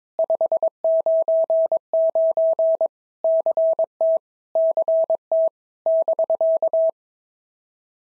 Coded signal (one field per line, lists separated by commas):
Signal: Morse code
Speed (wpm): 22 wpm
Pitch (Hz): 650 Hz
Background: none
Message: 599 CT CT <BK>